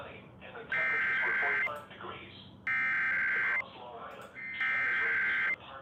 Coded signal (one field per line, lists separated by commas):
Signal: Emergency Alert System (SAME) tones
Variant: header bursts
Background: speech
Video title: IP - Required WEEKLY Test and SNOW SQUAIL WARNINGS - NO EAS